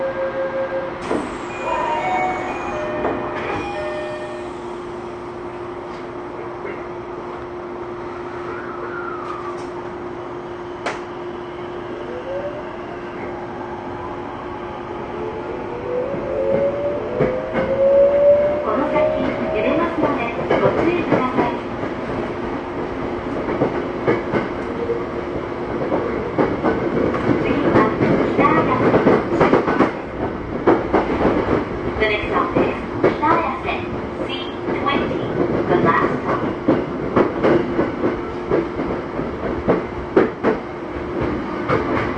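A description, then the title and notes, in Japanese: A Tokyo Metro 05 series train runs between Ayase and Kita-Ayase. A steady low hum and a constant mid tone carry through, with a rising whine around 15–20 seconds, then dense clattering and rattling from about 20 seconds onward, peaking near 30 seconds. 東京メトロ05系 綾瀬〜北綾瀬。今回は北綾瀬支線で録音した。アルミ合金製20m車体に通常幅（1.3m）のドアの組み合わせ。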